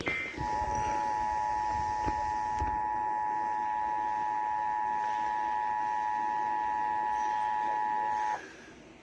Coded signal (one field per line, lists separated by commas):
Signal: Emergency Alert System (SAME) tones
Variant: 853 and 960 Hz attention tone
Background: speech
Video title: IEMBOT Is Slow As 💩 | EAS Alerts From 3/5/2022 (EAS #1,316-1,348)